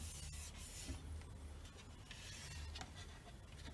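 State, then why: Not seated. The side runner of a Velux roof-window blind, not yet fully in, is wiggled back and forth against the window frame, giving faint rubbing and scraping over a low steady hum, with brief sharper knocks around 2.1 s and 2.8 s. Nothing has seated or clicked into the frame yet.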